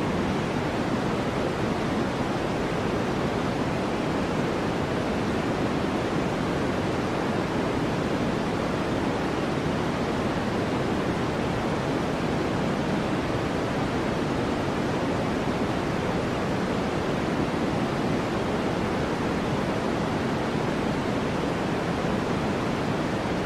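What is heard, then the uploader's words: White noise plays as one continuous, unbroken hiss at an even, loud level for the whole stretch. The sound is thick and full, a little heavier in the lower-middle range than in the top, giving it a soft rushing quality like falling water. White Noise.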